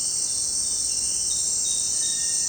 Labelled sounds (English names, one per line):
Cinereous Tinamou